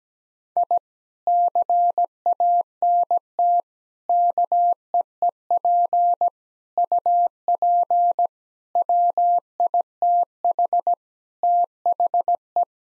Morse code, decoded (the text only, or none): I CANT KEEP UP WITH THE